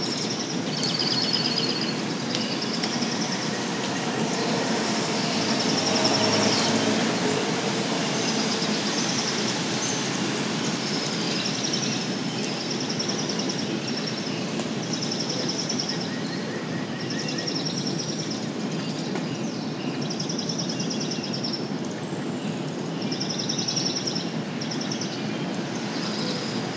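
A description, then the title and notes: Songbirds chirp in short, repeated bursts throughout, high and clear over a steady low rumble like rolling thunder. A soft, even wash of rain fills the background, swelling slightly around six seconds before settling back to a constant level. Early Morning Rainstorm. It was the tailend of a rainstorm and the wildlife was active. You’ll mostly hear a variety of song birds, the undertones of rolling thunder, and gentle rain blowing through.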